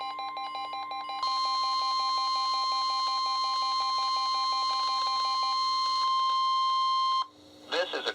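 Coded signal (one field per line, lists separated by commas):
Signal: Emergency Alert System (SAME) tones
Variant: 1050 Hz attention tone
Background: speech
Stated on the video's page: Weekly test received on a WR-3000 weather radio, not properly tuned.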